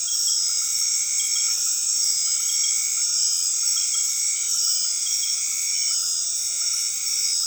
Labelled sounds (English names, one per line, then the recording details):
none
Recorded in dense forest near Puerto Asís, Putumayo, Colombia, on 20 February 2024 at 20:00
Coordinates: 0.502, -76.326
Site G6460